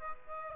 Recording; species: mosquito wingbeat signal from an infrared sensor; Aedes aegypti